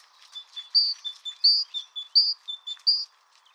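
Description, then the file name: Great tit song: bright phrases of a high note followed by two lower notes, repeated steadily about every 0.7 seconds, four loud phrases in all. "Parus major"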